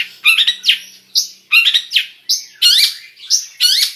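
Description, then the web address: Long-tailed shrike singing a varied medley of harsh chattering phrases, sweeping whistles and squeaky notes in short bursts. Full song with imitations, described as gacor (in full, lively song). "cendet suara-cendet-gacor-full-isian"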